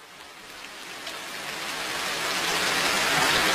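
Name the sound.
rain falling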